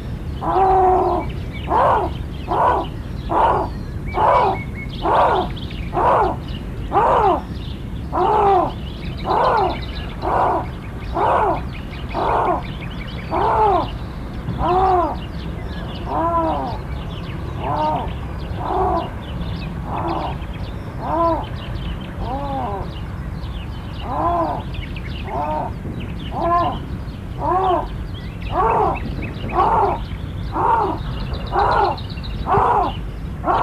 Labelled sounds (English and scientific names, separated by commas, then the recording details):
Canadian Lynx (Lynx canadensis)
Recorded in captivity
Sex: pair
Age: adult
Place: Zoopark Erfurt, Thüringen, DE
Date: 1972-05-19 15:05
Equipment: Uher 4200 Report Stereo, Sennheiser MD 421, Tesla-Verstärker
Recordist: Tembrock, Günter